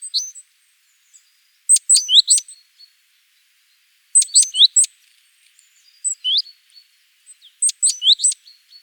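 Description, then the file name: Great tit calls: bursts of sharp high chirps and short downslurred notes, grouped in clusters with silent gaps between. "Parus major"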